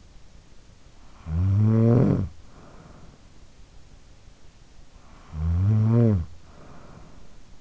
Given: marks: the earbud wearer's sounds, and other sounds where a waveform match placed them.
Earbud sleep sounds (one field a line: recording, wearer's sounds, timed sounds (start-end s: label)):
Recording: sounds in sleep by an in-ear microphone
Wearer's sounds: snoring breath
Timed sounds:
0.83-3.75 s: snoring breath
4.81-7.61 s: snoring breath